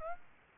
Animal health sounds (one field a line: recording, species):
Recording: mosquito wingbeat signal from an infrared sensor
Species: Aedes aegypti